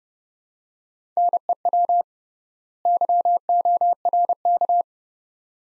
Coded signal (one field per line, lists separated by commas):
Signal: Morse code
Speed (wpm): 30 wpm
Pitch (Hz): 700 Hz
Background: none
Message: NEW YORK